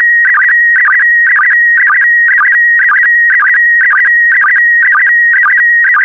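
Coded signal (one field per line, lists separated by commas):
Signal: SSTV (slow-scan television)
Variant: PD120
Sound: steady high whistle broken by a quick warbling chirp about twice a second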